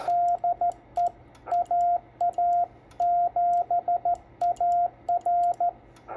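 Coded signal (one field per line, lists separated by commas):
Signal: Morse code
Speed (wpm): 14 wpm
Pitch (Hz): 700 Hz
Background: radio noise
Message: DE AA7AR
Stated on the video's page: Morse sent from an FT-897 with its keyer at 5 watts, a 10 WPM CQ that went unanswered.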